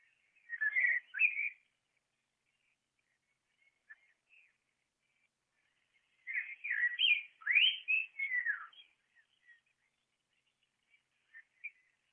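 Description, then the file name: Common blackbird song: rich, fluting whistled phrases, one short phrase near the start and a longer warbling phrase after six seconds, with soft twittery notes between. "merel"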